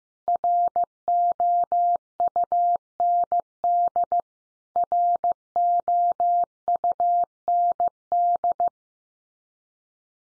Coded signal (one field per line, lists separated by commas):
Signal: Morse code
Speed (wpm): 15 wpm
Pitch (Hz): 700 Hz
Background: none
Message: ROUND ROUND